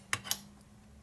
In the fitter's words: you hear it pop? Yep, went in.